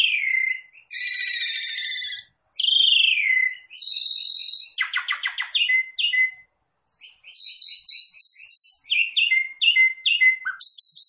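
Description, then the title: Javan pied starling singing a varied medley of harsh buzzy phrases, a dry rattle and sharp whistled notes, with short pauses between bursts. Lure call meant to make the bird call back straight away. "Pancingan Jalak Suren Langsung Bunyi"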